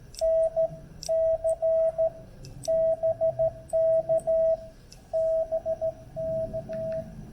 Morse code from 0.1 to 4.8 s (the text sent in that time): NC BK